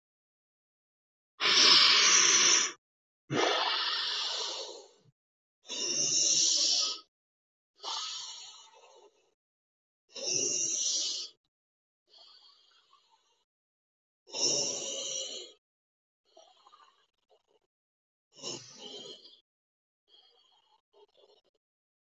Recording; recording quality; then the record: deep breathing; excellent, no background noise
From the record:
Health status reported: healthy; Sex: male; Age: 20 years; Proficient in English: yes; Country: India